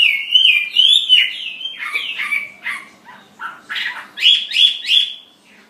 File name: hwamei omkicau